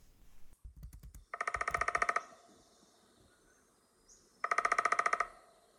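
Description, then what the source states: Downy Woodpecker drumming: two short, even bursts of rapid knocks, each under a second long. Drums short, averaging about 0.8 seconds; gaps between drums shortened in the recording, with much more time between drums in reality.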